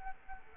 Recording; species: mosquito wingbeat signal from an infrared sensor; Culex quinquefasciatus